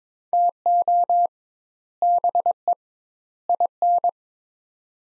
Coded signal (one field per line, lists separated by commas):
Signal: Morse code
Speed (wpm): 22 wpm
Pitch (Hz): 700 Hz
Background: none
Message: TO BE IN